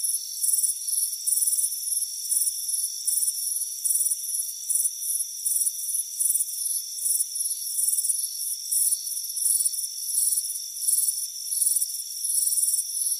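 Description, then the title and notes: Rapid high cricket chirps in repeated pulsed bursts, with a constant thin insect drone running beneath. Crickets chirping on a warm afternoon on a front porch. "Soothing Crickets Chirping Sound. It's a warm afternoon as you relax in a hammock on the front porch. Deep Sleep Sounds"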